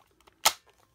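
A power coin is pushed into an older toy morpher and clips into place with a sharp snap at 0.5 seconds. A few faint clicks come before and after the snap. The coin seats nice and tight.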